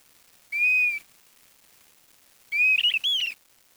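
Bird calling with clear high whistles: one smooth note, a pause, then a longer wavering whistle broken into two or three parts.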